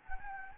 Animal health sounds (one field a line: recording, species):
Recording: mosquito wingbeat signal from an infrared sensor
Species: Anopheles gambiae